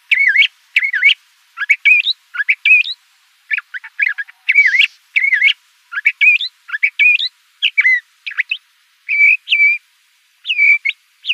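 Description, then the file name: Le Conte's thrasher singing a steady series of short whistled, rising and falling phrases, one after another with brief gaps, some notes clear, others harsher. Recorded in Arizona. "LCTH 2 deviche"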